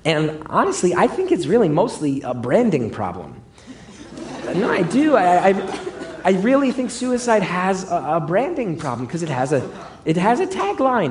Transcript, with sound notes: And, honestly, I think it's really mostly a branding problem. (LAUGHTER) No, I do. I really think suicide has a branding problem because it has a tagline.